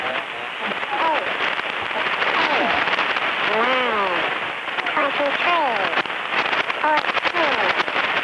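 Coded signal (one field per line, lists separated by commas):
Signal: numbers station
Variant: WBNY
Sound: a distorted voice speaks short, spaced words through loud hissing shortwave static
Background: radio static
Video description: Pirate radio "number station" WBNY, transmitting on 6950 kHz AM. "Transmissions consist of a somewhat distorted voice reading off a series of numbers.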